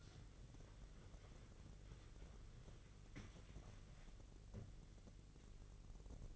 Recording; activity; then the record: daily activity, microphone in the room; wipe stove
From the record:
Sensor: 4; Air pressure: 1013.2 hPa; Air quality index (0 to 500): 176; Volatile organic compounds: 2 ppm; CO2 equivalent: 1112 ppm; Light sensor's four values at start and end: 94/236/98/104 and 94/236/97/103